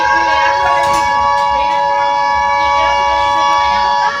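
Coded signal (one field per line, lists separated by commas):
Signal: Emergency Alert System (SAME) tones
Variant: 853 and 960 Hz attention tone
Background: speech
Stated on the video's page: Simulated EAS scenario.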